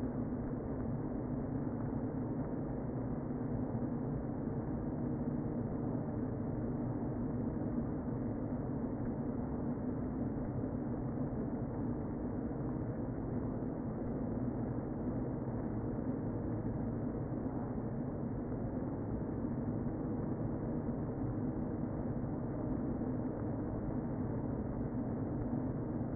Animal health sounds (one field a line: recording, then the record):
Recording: honeybee colony, microphone inside the hive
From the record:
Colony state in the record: queen present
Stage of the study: before two queens were removed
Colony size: about 60,000 bees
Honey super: yes